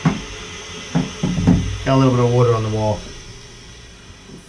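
A plumber refits the refill hose or clip into its fitting inside the tank of a Kohler Wellington K4504 toilet while installing new parts, after the hose popped out and sprayed water on the wall. Faint handling knocks come near 0.1, 1.0 and 1.3–1.5 seconds, and someone talks from about 1.9 to 2.9 seconds over low background noise. Nothing has seated or clicked yet when the clip ends.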